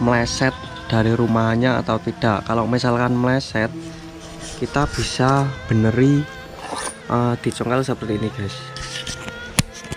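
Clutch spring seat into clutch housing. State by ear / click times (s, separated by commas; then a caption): seated / 9.6 s. A misaligned metal clutch spring seat on a Vespa clutch is pried with a tool until it drops into its clutch housing. Someone talks over background music, a few faint knocks sound near 9.1 and 9.3 seconds, and then a sharp click at 9.6 seconds shows the spring seat has seated properly and is no longer misaligned.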